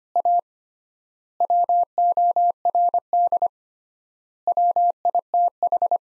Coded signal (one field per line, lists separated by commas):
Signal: Morse code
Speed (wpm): 25 wpm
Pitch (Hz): 700 Hz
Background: none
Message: A WORD WITH